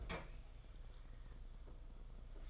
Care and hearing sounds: daily activity, microphone in the room; open fridge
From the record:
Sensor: 5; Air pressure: 991.1 hPa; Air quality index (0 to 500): 114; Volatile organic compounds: 32 ppm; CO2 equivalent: 2992 ppm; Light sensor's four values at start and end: 33/105/40/42 and 34/107/41/43

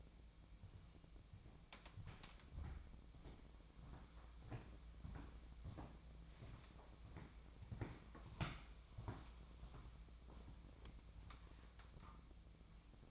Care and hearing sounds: daily activity, microphone in the room; walk to room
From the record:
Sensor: 1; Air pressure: 999.9 hPa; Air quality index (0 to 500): 128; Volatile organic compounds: 2 ppm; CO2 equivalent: 1211 ppm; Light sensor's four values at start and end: 42/105/44/55 and 43/108/45/56

